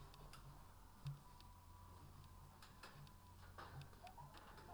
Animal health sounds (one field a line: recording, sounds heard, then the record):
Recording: poultry house recording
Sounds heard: healthy chickens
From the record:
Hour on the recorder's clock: 15